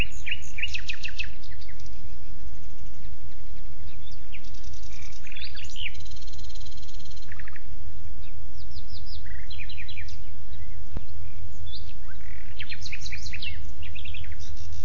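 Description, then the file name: Common nightingale delivering several varied phrases: rapid repeated chips, buzzy rattles and whistled notes separated by short pauses, against a deep continuous rumble. "Luscinia megarhynchos"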